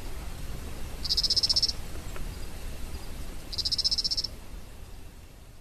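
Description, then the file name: Striped snouted treefrog giving two short, high, buzzy pulsed calls about two and a half seconds apart, against steady low background noise. "Scinax squalirostris"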